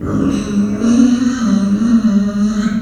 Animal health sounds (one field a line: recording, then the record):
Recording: squeal of a Yucatan mini pig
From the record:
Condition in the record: after surgery on the right vocal fold (resection and tissue-engineered implant)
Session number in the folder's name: 6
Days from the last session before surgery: 40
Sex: female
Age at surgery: 19 weeks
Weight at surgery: 25 kg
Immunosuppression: prednisolone